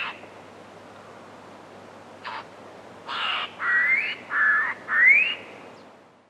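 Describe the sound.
Fawn-breasted bowerbird giving a series of harsh, buzzy calls, some of the later ones rising slurred notes, over steady background hiss.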